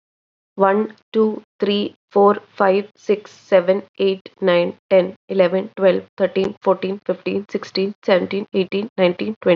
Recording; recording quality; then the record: counting at a normal pace; excellent, no background noise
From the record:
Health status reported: COVID-19 positive, no symptoms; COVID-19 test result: positive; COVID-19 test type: RT-PCR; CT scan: not taken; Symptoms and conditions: none ticked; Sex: female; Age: 25 years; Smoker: no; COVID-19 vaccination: both doses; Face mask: not worn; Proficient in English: yes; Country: India